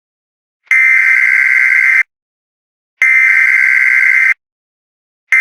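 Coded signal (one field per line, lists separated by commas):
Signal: Emergency Alert System (SAME) tones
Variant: header bursts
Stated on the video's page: Fictional EAS scenario recreation of an EF6 tornado warning.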